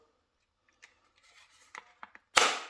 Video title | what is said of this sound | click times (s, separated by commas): VW Golf MK4 power folding mirrors with puddle light retrofit - Part 1, mechanics | This snaps in place. | 2.4 s